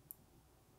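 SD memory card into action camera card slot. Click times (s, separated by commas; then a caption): 0.1 s. An SD memory card is pushed with a fingernail into the spring-loaded card slot of a GoPro Hero 11 action camera, label facing the battery compartment. A single sharp, loud click is heard at 0.1 s over a quiet low background. The card clicks into place and is seated.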